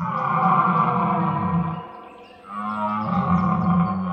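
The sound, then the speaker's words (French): At nightfall in an autumn forest, a distant red deer stag bellows during the rut: two long, deep, droning roars with a rough, harmonic-rich tone, split by a short pause and sustained loudly with no other voices. “La nuit tombe et au loin dans la forêt, les cerfs brament.”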